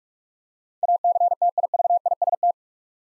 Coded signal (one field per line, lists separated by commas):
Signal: Morse code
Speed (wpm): 44 wpm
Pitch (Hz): 700 Hz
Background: none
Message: ACTIVIST